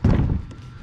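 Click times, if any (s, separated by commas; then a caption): 0.0 s. A kayak electronics mount piece is pushed into its base on the kayak and pops into place, seating with a low thunk at 0.0 s. A second, quieter tap follows at about 0.5 s.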